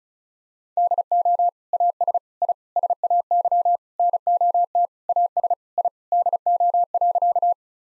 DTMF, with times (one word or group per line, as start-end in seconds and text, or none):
none